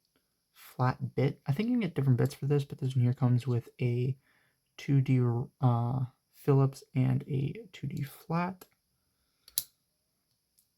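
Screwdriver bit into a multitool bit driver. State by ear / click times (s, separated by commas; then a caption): seated / 9.6 s. A small steel Phillips/flat screwdriver bit is pushed into the bit driver of a Leatherman Signal pocket multitool while someone talks. The bit seats with a sharp snap at 9.6 s and holds with good retention.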